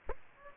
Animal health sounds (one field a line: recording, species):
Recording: mosquito wingbeat signal from an infrared sensor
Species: Aedes aegypti